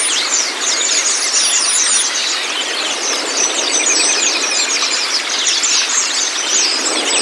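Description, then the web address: White-eye song: crowded, very high chirps and short rising twitters, continuous and evenly loud. Meant to get a pleci to open its beak and start singing; 'masteran' training for the bird. "pleci terapi buka paruh. masteran pleci"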